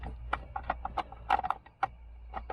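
A second plastic wiring-loom connector is pressed home into the UCH control unit of a 2002 Clio, which has been having trouble with its indicators stuck on. Against a low hum there are several sharp plastic taps and knocks. The connector clicks in and seats at 1.8 s.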